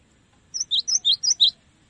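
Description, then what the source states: Cinereous tit song: one quick phrase of six clear notes alternating high and lower, a bright two-note motif repeated three times, over a quiet background. Used for tutoring songbirds.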